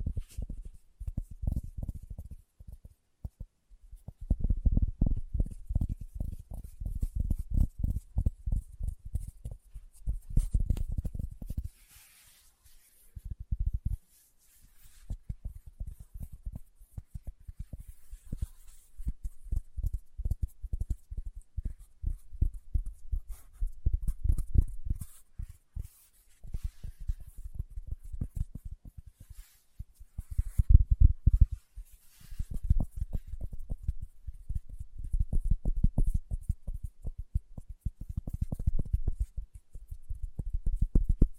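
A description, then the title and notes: Fingertips tap in rapid, dense bursts, mostly low and dull thuds with a faint brighter tick on some. The taps come in runs of several seconds separated by short pauses, with a near-silent gap around 13 seconds, and continue steadily to the end. ASMR Tapping with Fingertips (No Talking).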